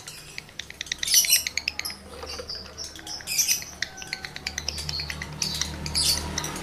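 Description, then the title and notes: Lovebird chattering song: fast runs of sharp high clicks and squeaky twitters in bursts, with brief pauses between phrases and a faint low hum beneath. Male lovebird in breeding condition; its call is used to stimulate other lovebirds to sing. "Birahi Lovebird Jantan ke Gacor. Pancingan Suara Lovebird jantan birahi"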